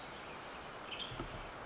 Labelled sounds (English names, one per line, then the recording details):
Western Tanager
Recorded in Sonoma County, California